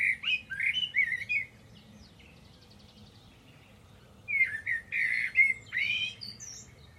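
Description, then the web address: Bird song in two bursts of quick squeaky, chattering notes separated by a quiet gap, with faint low hum throughout. "Deverinetal. Bird Only"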